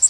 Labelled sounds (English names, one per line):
Yellow Warbler flight call